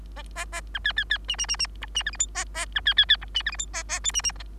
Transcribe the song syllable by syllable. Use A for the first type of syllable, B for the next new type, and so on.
A A B C C C D D D D E D F G H A A B C C C E D F G H A A I D D